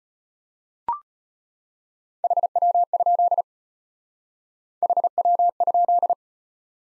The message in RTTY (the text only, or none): none